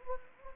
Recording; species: mosquito wingbeat signal from an infrared sensor; Anopheles gambiae